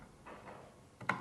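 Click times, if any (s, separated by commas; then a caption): 1.1 s. An integrated cable connector is pushed into the motor housing of a Bambu A2L printer, with soft rubbing and handling sounds before a light tap at 1.0 s. It then seats with a sharp click at 1.1 s.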